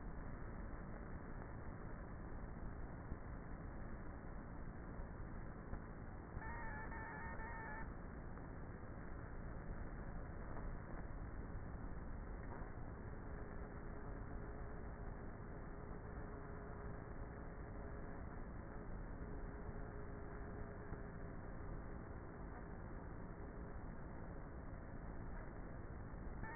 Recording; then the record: honeybee colony, microphone inside the hive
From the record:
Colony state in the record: queenless with a low population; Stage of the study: before two queens were removed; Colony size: about 30,000 bees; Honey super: no